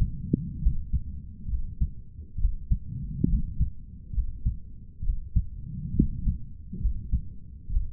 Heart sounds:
heart sounds by stethoscope; 68 bpm
0.63 s: heartbeat
1.50 s: heartbeat
2.40 s: heartbeat
3.30 s: heartbeat
4.15 s: heartbeat
5.04 s: heartbeat
5.96 s: heartbeat
6.82 s: heartbeat
7.71 s: heartbeat
From the record:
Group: healthy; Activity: rest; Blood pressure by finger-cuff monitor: 144/88 mmHg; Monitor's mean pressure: 101 mmHg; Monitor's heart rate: 67 bpm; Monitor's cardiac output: 7.6 L/min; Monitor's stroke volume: 112 mL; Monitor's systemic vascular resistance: 970 dyn s/cm5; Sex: male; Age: 30 years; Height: 188 cm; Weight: 110.2 kg

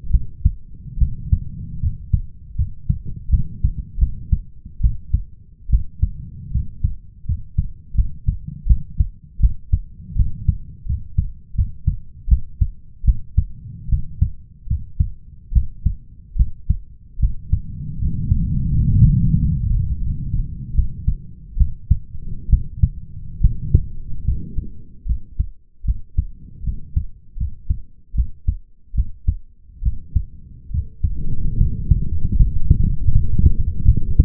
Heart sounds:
heart sounds by stethoscope; 76 bpm
0.11 s: heartbeat
0.98 s: heartbeat
1.80 s: heartbeat
2.56 s: heartbeat
3.30 s: heartbeat
3.98 s: heartbeat
4.81 s: heartbeat
5.70 s: heartbeat
6.51 s: heartbeat
7.26 s: heartbeat
7.95 s: heartbeat
8.67 s: heartbeat
9.40 s: heartbeat
10.16 s: heartbeat
10.86 s: heartbeat
11.55 s: heartbeat
12.28 s: heartbeat
13.04 s: heartbeat
13.89 s: heartbeat
14.67 s: heartbeat
15.52 s: heartbeat
16.36 s: heartbeat
17.19 s: heartbeat
17.99 s: heartbeat
18.71 s: heartbeat
19.37 s: heartbeat
20.01 s: heartbeat
20.74 s: heartbeat
21.57 s: heartbeat
22.49 s: heartbeat
23.41 s: heartbeat
24.24 s: heartbeat
25.06 s: heartbeat
25.85 s: heartbeat
26.64 s: heartbeat
27.37 s: heartbeat
28.15 s: heartbeat
28.94 s: heartbeat
29.82 s: heartbeat
30.71 s: heartbeat
31.57 s: heartbeat
32.36 s: heartbeat
33.12 s: heartbeat
33.85 s: heartbeat
From the record:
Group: healthy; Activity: rest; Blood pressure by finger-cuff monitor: 117/79 mmHg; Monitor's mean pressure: 88 mmHg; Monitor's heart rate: 76 bpm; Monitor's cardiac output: 5.6 L/min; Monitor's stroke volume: 74 mL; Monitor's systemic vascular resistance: 1140 dyn s/cm5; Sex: male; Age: 21 years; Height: 170 cm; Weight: 71 kg

